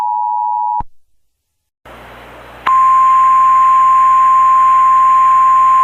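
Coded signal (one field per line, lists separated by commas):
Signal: Emergency Alert System (SAME) tones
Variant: 853 and 960 Hz attention tone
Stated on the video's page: Mock recreation of a PDS tornado warning, generated with an EAS maker program.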